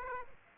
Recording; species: mosquito wingbeat signal from an infrared sensor; Aedes aegypti